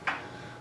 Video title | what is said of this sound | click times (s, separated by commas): How To Swap Out Your Radiodetection (RD) Rechargeable Battery For Your Transmitter | We'll go ahead and line those two up, and it'll actually click into place here when we insert it. | 0.1 s